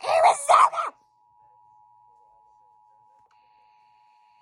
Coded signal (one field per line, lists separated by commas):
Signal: Emergency Alert System (SAME) tones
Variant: 853 and 960 Hz attention tone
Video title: EAS 1298: Arizona Amber Alert